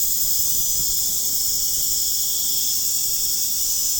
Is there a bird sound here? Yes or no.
no